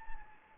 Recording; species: mosquito wingbeat signal from an infrared sensor; Anopheles gambiae